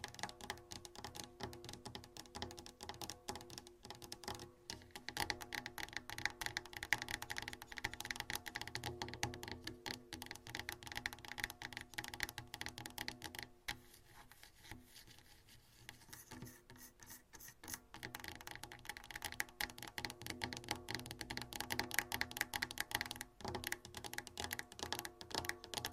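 Dense, rapid scratching and tapping sounds continue throughout, busy and crackly like fingers on a keyboard, easing briefly around fifteen seconds.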